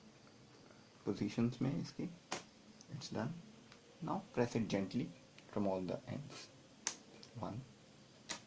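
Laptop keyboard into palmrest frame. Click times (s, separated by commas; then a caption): 8.3 s. A replacement Dell laptop keyboard is pressed gently down along its edges so its plastic clips snap into the palmrest frame, seating it. Someone talks throughout, and a sharp click is heard at 8.3 s as a clip snaps in.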